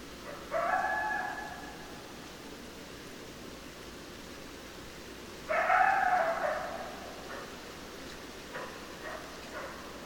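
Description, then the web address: Coyote calls in two bursts about five seconds apart, then a few short faint calls against steady background hiss. Recorded 10 December 2012; more than one coyote. "sounds mammals Coyote 2012 12 10 Coyotes"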